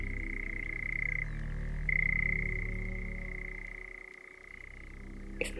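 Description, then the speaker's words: European nightjar churring: a steady, fast mechanical trill held on one pitch, its level swelling and dipping slightly, with a brief break early on. Male churring at 28 to 42 notes per second; sound modulates as he turns his head and breathes; breathes while churring; recorded 2020 in spring, summer or autumn. "That's a male nightjar churring. He's making 28 to 42 notes per second."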